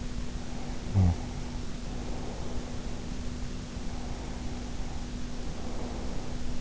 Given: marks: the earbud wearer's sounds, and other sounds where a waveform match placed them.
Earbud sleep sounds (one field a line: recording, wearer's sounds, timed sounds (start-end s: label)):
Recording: sounds in sleep by an in-ear microphone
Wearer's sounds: snoring breath, breath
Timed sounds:
0.30-3.13 s: snoring breath
3.62-6.59 s: breath